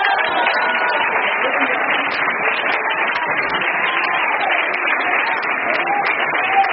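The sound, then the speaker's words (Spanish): A church audience applauds to Christ during a prayer service. Many hands clap steadily in a dense wash at an even, fairly loud level throughout, with voices murmuring and calling out beneath the clapping. “Del aplauso a Cristo.”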